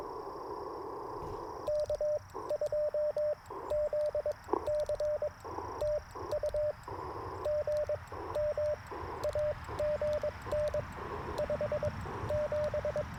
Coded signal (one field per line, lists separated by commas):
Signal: Morse code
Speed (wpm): 20 wpm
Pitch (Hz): 590 Hz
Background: radio noise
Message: K2ZC TU GM AGN 57